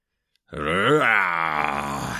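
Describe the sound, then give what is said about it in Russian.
A voice imitates a bear's roar, roared into an opponent's face during a fight: one sustained, loud, guttural growl that swells to a strained peak and then holds, rough and throaty, with no other sounds around it. “Проревел одаренному в лицо и навалился на него, повалив на землю.”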